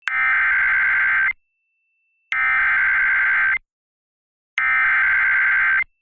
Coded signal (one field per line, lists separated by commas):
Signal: Emergency Alert System (SAME) tones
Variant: header bursts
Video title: Severe Thunderstorm Warning (Bottineau, McHenry, Renville, Ward Counties, ND) (8/7/25) [EAS #241]